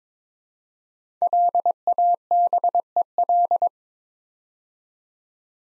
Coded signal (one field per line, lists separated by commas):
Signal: Morse code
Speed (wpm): 23 wpm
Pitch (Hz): 700 Hz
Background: none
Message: LABEL